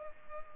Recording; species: mosquito wingbeat signal from an infrared sensor; Culex pipiens